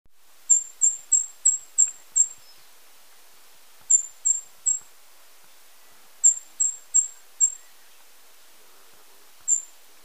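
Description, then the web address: Indigo flowerpiercer giving sharp, very high notes in quick bursts of six, three and four, followed by a single note, with silence between bursts. Recorded in Ecuador. "Natures Songs S America Birds of Ecuador Indigo Flowerpiercer"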